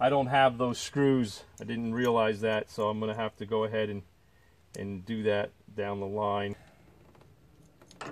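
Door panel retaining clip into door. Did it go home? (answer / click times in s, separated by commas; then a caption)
yes / 8.0 s. Someone talks while installing a door panel on a 1968–74 Chevelle, then pushes a plastic retaining clip on the panel into the door. After a few faint ticks, the clip seats with a small click at 8.0 s.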